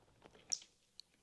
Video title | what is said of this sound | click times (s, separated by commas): Denali Rear T3 Install on Pan America | There we go, there's the click. | 0.5 s